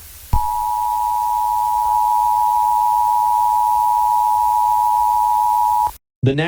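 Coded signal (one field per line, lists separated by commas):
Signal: Emergency Alert System (SAME) tones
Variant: 853 and 960 Hz attention tone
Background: speech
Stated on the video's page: Fictional EAS scenario about a Washington tornado outbreak, a simulated alert.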